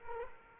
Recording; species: mosquito wingbeat signal from an infrared sensor; Aedes aegypti